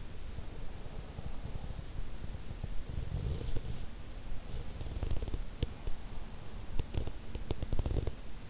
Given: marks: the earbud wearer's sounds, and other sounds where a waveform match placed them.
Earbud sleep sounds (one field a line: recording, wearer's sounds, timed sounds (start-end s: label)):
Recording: sounds in sleep by an in-ear microphone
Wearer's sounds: teeth grinding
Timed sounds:
2.33-8.50 s: teeth grinding